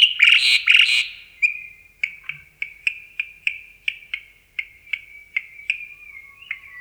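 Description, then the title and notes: Javan pied starling with two harsh grating bursts, then a steady series of short clipped notes. "Jalak Uren bird sounds"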